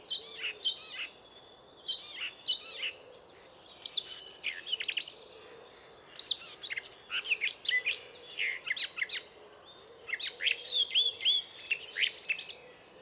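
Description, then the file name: Eurasian blackcap song: scratchy chattering warble mixed with clicks, short phrases at first, then longer rapid bursts. "Sylvia atricapilla"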